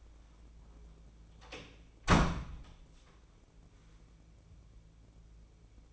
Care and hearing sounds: daily activity, microphone in the room; close door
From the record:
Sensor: 1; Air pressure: 1012.4 hPa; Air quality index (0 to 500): 164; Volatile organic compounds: 3 ppm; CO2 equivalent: 1354 ppm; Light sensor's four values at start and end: 593/1389/615/742 and 599/1404/621/749

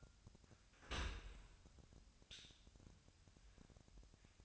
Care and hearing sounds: daily activity, microphone in the room; open dishwasher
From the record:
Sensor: 2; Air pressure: 1006.6 hPa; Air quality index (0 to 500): 202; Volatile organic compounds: 14 ppm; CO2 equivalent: 2466 ppm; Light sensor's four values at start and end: 9/22/9/9 and 9/22/9/9

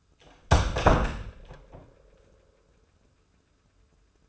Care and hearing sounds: daily activity, microphone in the room; close door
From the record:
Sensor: 2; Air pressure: 1015.0 hPa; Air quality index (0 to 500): 174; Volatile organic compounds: 10 ppm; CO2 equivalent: 2256 ppm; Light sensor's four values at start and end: 13/35/13/15 and 12/32/12/14

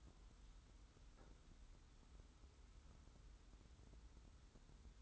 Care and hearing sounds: daily activity, microphone in the room; wipe stove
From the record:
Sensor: 3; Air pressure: 990.4 hPa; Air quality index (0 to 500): 184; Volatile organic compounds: 1000 ppm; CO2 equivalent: 6006 ppm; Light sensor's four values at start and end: 46/108/44/42 and 46/108/44/42

